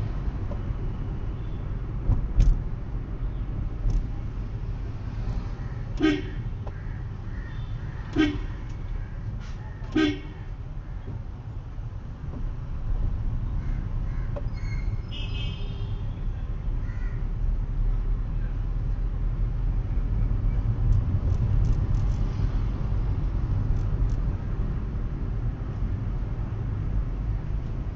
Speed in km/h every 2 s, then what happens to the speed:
29, 26, 20, 16, 15, 12, 15, 17, 21, 23, 25, 29, 28, 29.
0-9 slows to 12. 9-21 speeds up to 29. 21-28 steady at about 29.